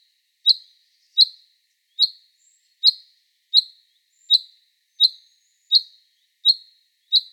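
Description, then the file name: Common chaffinch call: a short, sharp, high note repeated steadily about every three-quarters of a second, ten times, with quiet gaps between. "Fringilla coelebs"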